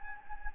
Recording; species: mosquito wingbeat signal from an infrared sensor; Anopheles gambiae